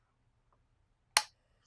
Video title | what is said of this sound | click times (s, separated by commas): Focusrite Scarlett 6i6 2nd Gen - Unboxing | it in heard the click so that should be good | 1.2 s